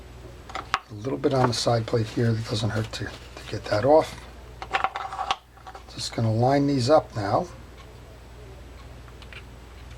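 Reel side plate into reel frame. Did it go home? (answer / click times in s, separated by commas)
no / none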